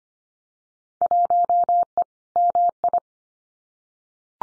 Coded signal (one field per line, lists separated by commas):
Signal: Morse code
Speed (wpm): 25 wpm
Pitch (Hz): 700 Hz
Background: none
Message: 1E MI